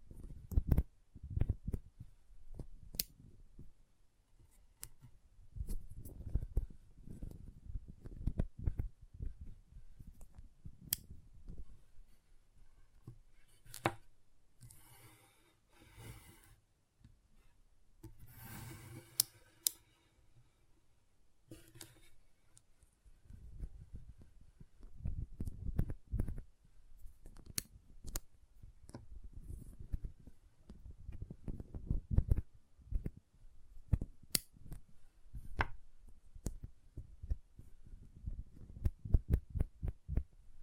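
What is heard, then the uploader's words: Intense magnetic tingles: soft low thumps and muffled tapping run throughout, scattered with sharp, bright clicks. Around the middle, brief bursts of scratchy rustling take over, and the thumping grows busier and denser again toward the end. ASMR Intense Magnetic Tingles (No Talking).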